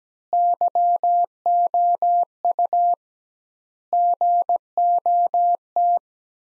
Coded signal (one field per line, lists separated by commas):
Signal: Morse code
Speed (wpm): 17 wpm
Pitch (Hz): 700 Hz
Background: none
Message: YOU GOT